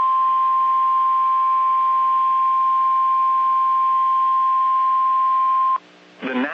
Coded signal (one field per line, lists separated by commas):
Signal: Emergency Alert System (SAME) tones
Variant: 1050 Hz attention tone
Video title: Looks like it’s at it again | 5/5/22 - Severe Thunderstorm Warning on KEC55 (EAS #459)